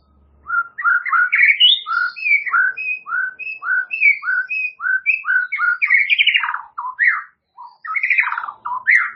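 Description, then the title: White-rumped shama song, a continuous lively stream of rich whistles, repeated short notes and harsher buzzy phrases, with brief gaps near the end. "murai batu"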